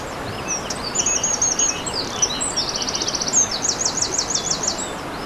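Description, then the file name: Eurasian wren song: rapid, very high trills and sharp repeated notes run together in fast bursts over a steady rushing stream. Beside a stream on 21 April 2015, recorded with an MZ-N710 device. "Troglodyte mignon ruisseau 21 04 15"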